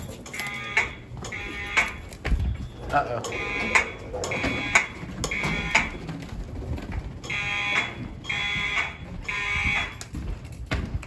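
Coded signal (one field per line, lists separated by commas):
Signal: alarm pattern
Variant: mechanical horn strobes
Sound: loud buzzing fire alarm horns blaring in short repeated blasts, several horns overlapping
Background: indoor hallway echo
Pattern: temporal three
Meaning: Fire alarm evacuation signal, sounded as a test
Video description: The horn strobes chosen were Siemens U-HN mechanical horn strobes in the hallways (possibly Harrington rebrands) and wheelock MIZ-LSM horn strobes in the classrooms.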